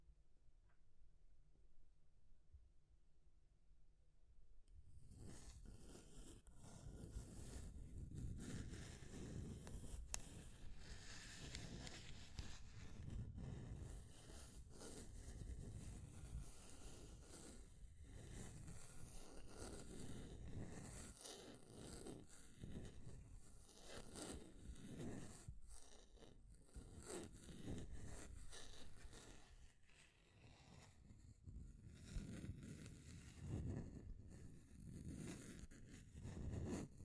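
Scratching and tracing sounds start after about five seconds of near silence, then run almost without pause to the end. Rough, raspy strokes repeat at an uneven, fairly quick pace, some zipper-like, with a low rumble underneath and occasional louder scrapes.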